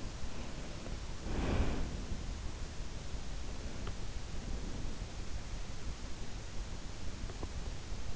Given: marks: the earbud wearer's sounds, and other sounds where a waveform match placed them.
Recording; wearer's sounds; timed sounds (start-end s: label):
sounds in sleep by an in-ear microphone; breath
1.22-1.93 s: breath